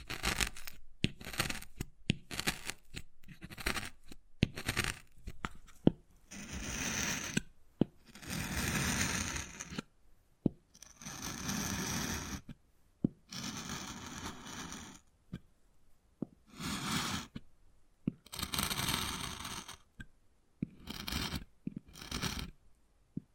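Wood carving with sharp taps and clicks clustered early, then longer gritty scraping strokes of a second or two, alternating with brief silences.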